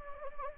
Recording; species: mosquito wingbeat signal from an infrared sensor; Anopheles gambiae